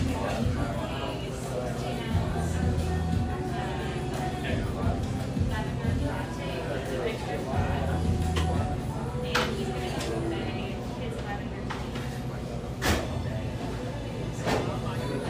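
Café chatter runs steadily with overlapping voices over a low, humming bass line, broken by sharp clinks of dishes near 13 and 14 seconds.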